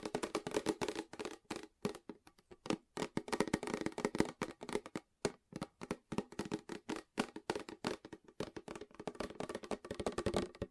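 Fast tapping runs the whole way through as dense, quick, irregular clusters of sharp knocks with a bright, dry edge. The rhythm surges and thins, with short silent gaps around three and five seconds, then picks back up through the end.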